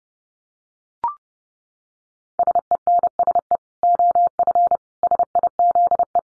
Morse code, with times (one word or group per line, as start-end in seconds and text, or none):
2.4-3.6 SENSE
3.8-4.8 OF
5.0-6.2 SIZE